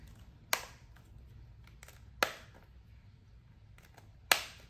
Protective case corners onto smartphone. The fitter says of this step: So raising each corner up, nice click.